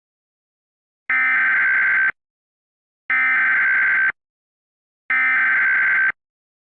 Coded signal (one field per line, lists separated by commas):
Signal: Emergency Alert System (SAME) tones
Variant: header bursts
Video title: EAS Scenario Mini: “Where did McPike go???”